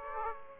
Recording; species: mosquito wingbeat signal from an infrared sensor; Aedes aegypti